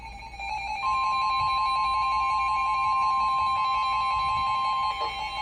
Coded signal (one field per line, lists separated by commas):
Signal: Emergency Alert System (SAME) tones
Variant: 1050 Hz attention tone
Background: music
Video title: New Apartment + 12-250 Glitch | EAS Alerts from 3/23/25